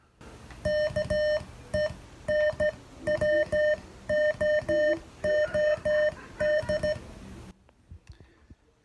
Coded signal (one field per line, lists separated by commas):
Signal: Morse code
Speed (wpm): 15 wpm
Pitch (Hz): 600 Hz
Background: none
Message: KENWOOD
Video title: Learn Morse: Homework 3